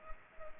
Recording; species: mosquito wingbeat signal from an infrared sensor; Culex pipiens